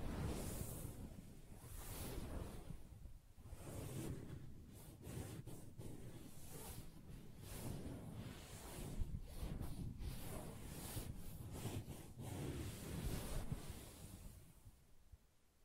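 Soft tapping and scratching on a fabric surface, with a dense, rustling hiss that swells and eases over and over. Quick taps and scrapes come every second or so throughout, over a steady low rumble, and the sound fades out at the end.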